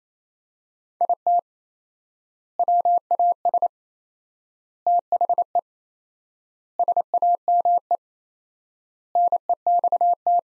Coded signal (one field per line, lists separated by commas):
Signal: Morse code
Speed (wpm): 28 wpm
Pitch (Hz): 700 Hz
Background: none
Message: IT WAS THE SAME NEXT